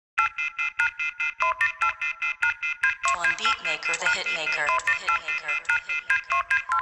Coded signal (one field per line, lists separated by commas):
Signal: telephone call progress tone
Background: speech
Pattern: off-hook warning tone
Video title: Melo-Dial Tone.